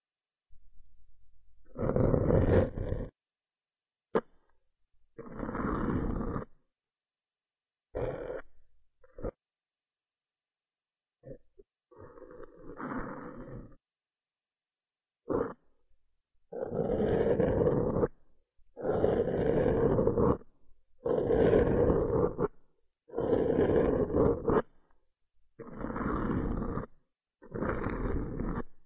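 Ear massage and ear picking make loud rubbing, scraping bursts about a second long, separated by short silences and growing steadier and more frequent later on.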